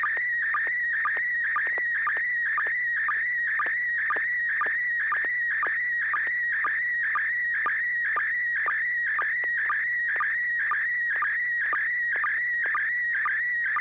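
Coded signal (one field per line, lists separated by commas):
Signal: SSTV (slow-scan television)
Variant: PD120 mode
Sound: warbling whistle around 2 kHz with rhythmic low chirps about twice per second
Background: low hum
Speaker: yeah I've got One queued up and uh it's going to be coming out PD 120 from n6 YG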